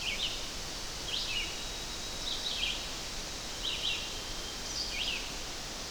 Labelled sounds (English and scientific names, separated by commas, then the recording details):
Red-eyed Vireo (Vireo olivaceus) song
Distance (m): 25 m
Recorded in boreal forest in Alberta, Canada, on 12 June 2016 at 06:38
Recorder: SongMeter 3, array SBT-3-18
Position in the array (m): 234 m, 97 m